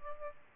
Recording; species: mosquito wingbeat signal from an infrared sensor; Aedes albopictus